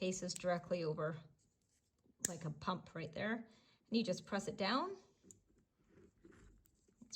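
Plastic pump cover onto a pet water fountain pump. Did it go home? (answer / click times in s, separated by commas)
no / none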